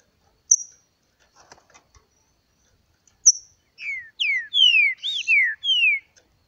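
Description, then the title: Green-winged saltator song: a sharp high note and faint clicks, a pause, another sharp high note, then a phrase of several loud downslurred whistles, clear and ringing. Kept bird in the bush, singing in competition with a free-living bird. "Trinca Ferro NICÃ O"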